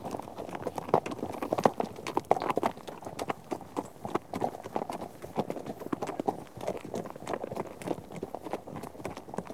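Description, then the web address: Horse: steady, dense clopping of several horses' hooves, overlapping strikes forming a continuous rolling rhythm. A herd of horses out on a trek. "BBC Sound Effects Library - Horses Herd of horses out on trek"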